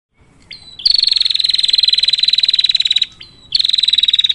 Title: Prenjak Betina Gacor Ngerol. Cocok Buat pancingan Prenjak susah bunyi, maupun masteran Burung Lain.